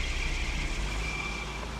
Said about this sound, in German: Langsam fuhr der Wagen wieder an.